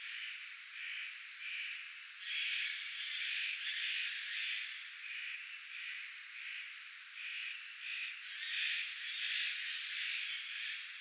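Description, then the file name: Spotted Nutcracker harsh, rasping calls in repeated bursts through the whole stretch. Spotted Nutcracker and a Eurasian jay squawking at the same time; recorded on 1 September 2026. "pahkinahakki ja narhi raakkuvat yhta aikaa"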